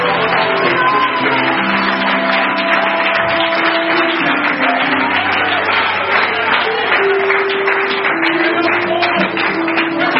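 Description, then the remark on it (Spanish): An audience claps and shouts for Jesus in a steady, dense roar of applause, with held musical tones running underneath and voices calling out throughout. “Aleluya, dale aplauso a Jesús.”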